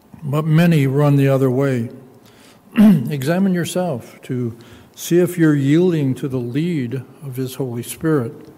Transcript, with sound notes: but many run the other way. [clears throat] Examine yourself to see if you're yielding to the lead of his Holy Spirit.